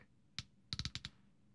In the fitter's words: got that nice click from the clutch telling me that the Piston is all the way extended